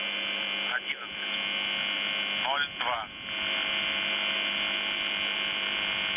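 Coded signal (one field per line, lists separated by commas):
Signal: channel marker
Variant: UVB-76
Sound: continuous harsh low buzz with rich overtones; two short voice fragments near the start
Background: radio static, brief voice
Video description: "The Buzzer" is a Russian military radiostation that broadcasts on 4625 kHz.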